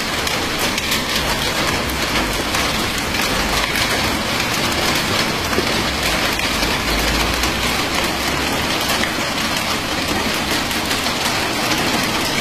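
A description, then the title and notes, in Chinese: Night rain falls steadily on a quiet street, a dense even patter with a faint low rumble underneath, unchanging throughout. 静谧街道上的夜雨。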